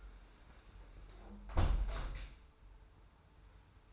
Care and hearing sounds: daily activity, microphone in the room; close window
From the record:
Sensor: 2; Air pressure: 991.1 hPa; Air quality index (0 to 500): 133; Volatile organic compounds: 168 ppm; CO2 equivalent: 4097 ppm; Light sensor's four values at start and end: 37/109/43/41 and 37/108/43/41

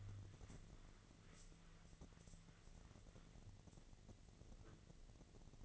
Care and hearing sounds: daily activity, microphone in the room; wipe stove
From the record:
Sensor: 4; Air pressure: 1001.3 hPa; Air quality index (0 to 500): 185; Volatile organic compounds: 3 ppm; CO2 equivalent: 1323 ppm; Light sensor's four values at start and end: 13/29/12/12 and 13/29/12/12

